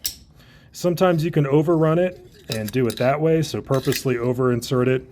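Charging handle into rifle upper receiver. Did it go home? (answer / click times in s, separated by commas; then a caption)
yes / 0.1 s. A charging handle is inserted into the large opening of a rifle upper receiver and pushed upward until its metal wings snap into place, giving a sharp metallic click at 0.1 seconds. Someone then talks for the rest of the clip. The charging handle is seated.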